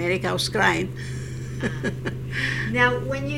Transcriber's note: she laughs